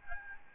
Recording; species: mosquito wingbeat signal from an infrared sensor; Aedes albopictus